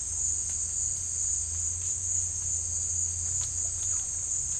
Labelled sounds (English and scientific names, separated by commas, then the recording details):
none
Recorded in secondary vegetation near Puerto Asís, Putumayo, Colombia, on 18 December 2024 at 16:30
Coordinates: 0.481, -76.318
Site G042